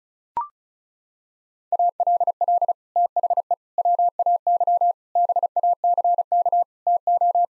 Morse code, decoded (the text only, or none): ALL THE WAY BACK TO